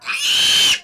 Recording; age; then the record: pig call; piglet (1 to 25 days)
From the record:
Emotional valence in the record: negative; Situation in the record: restrain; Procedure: sham castration, fixation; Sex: male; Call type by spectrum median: high-frequency call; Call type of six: high-frequency modulated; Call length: 0.84 s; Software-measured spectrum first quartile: 2916 Hz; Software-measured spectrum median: 3444 Hz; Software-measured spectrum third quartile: 5591 Hz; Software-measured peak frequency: 3085 Hz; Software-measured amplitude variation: 110 dB a second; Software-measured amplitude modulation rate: 21.9 a second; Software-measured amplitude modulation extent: 5.0 dB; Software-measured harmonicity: 4.0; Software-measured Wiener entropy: -2.06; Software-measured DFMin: 1204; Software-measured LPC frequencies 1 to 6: 1610, 2682, 3075, 4118, 5428, 6311 Hz